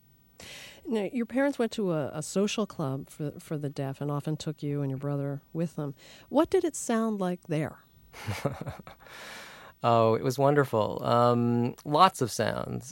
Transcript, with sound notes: Now, your parents went to a social club for the deaf and often took you and your brother with them. What did it sound like there?
(laughs) Oh, it was wonderful. Lots of sounds.